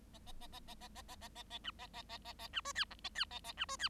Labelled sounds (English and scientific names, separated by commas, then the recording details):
Bengalese Finch (Lonchura striata domestica) song
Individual Bird7